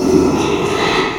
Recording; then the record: squeal of a Yucatan mini pig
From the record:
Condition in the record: after surgery on the right vocal fold (resection and tissue-engineered implant); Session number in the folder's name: 1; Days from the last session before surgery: 6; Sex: male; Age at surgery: 12 weeks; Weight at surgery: 13 kg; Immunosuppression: cyclosporine, prednisolone